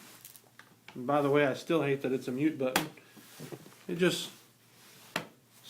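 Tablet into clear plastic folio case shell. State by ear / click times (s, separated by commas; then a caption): seated / 5.2 s. An iPad is turned so its volume and mute buttons line up, then pressed into a clear hard plastic folio case shell while someone talks. A sharp snap at 5.2 s marks the tablet seating into place in the case.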